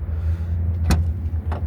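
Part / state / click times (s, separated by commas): SUV rear liftgate latch releasing from its striker / released / 0.9 s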